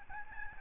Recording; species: mosquito wingbeat signal from an infrared sensor; Aedes albopictus